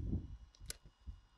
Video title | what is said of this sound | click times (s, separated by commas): EBAD’s Unmanned Weaponization Package (UWP) | it's on there release and it locks into place | 0.7 s